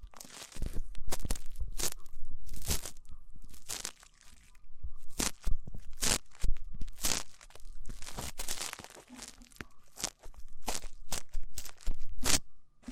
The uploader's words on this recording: ASMR Rough Ear Cleaning (No Talking).